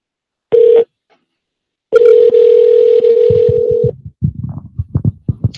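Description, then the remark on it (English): A brief tone, then a steady, unbroken telephone dial tone lasting about two seconds, followed by a rapid run of uneven beeping and clicking bursts as a number is punched in, with no one speaking. “Let's make this phone call.”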